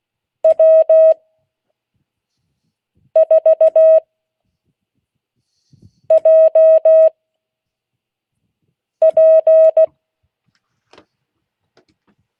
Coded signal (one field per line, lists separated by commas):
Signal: Morse code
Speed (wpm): 16 wpm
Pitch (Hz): 640 Hz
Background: none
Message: W4JP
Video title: Friday 2022-08-19 Morse code class